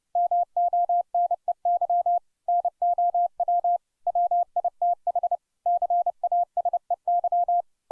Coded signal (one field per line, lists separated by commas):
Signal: Morse code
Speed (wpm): 29 wpm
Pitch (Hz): 700 Hz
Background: none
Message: MONEY NOW WITH CASEY